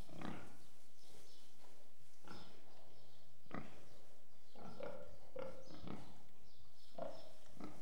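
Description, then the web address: Pigs give repeated deep grunts and a few squeaky notes, with birds chirping faintly. Pigs in a shed, with distant birds audible. "BBC Sound Effects Library BBC - Animals and Birds Pigs In Shed With Distant Birds"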